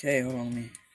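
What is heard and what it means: A plastic spinning-top layer is being fitted into its chassis and disc assembly in right-spin mode. Someone talks briefly over faint handling sounds. Nothing has seated or clicked yet.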